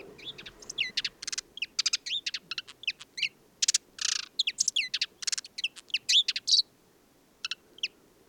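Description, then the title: Desert sparrow singing a fast, varied twittering song of chirps, slurred whistles and short trills, ending with a few spaced notes. Male perched atop an acacia, Oasis de Mayateg, Mauritania, 22 February 2019, no wind; song of twitters, trills and inventions recalling Common Linnet; parabolic dish, MixPre-3 recorder. "Le Moineau blanc du désert - Mauritanie"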